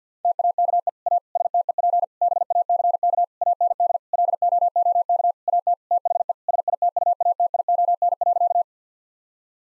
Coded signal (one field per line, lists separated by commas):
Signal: Morse code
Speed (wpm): 50 wpm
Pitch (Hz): 700 Hz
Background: none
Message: TAKE A STEP BACK AND LOOK AT THE SITUATION.